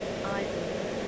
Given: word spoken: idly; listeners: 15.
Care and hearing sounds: one English word in noise, from a listening test; speech-shaped noise; -5.1 dB; 1 of 15; 6 of 15; 0.68 s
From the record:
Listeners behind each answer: 6, 2, 1, 1, 1, 1, 1, 1, 1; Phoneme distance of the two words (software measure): 27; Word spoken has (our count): 2 syllables, 4 phonemes, stress on syllable 1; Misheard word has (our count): 3 syllables, 5 phonemes, stress on syllable 1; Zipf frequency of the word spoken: 2.50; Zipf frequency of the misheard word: 4.06

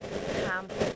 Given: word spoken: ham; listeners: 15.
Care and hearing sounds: one English word in noise, from a listening test; noise modulated by three-talker babble; -3.0 dB; 4 of 15; 8 of 15; 0.56 s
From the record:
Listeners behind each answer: 8, 4, 1, 1, 1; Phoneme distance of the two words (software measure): 17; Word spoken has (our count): 1 syllable, 3 phonemes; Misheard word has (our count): 1 syllable, 4 phonemes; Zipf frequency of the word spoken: 4.35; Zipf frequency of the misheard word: 4.57

